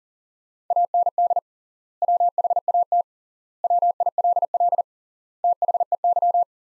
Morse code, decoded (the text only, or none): AND WHAT WILL THEY